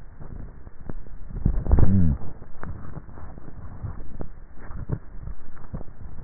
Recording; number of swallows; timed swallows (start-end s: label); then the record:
swallowing sounds by neck microphone; 1
3.78-4.72 s: swallow
From the record:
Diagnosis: dysphagia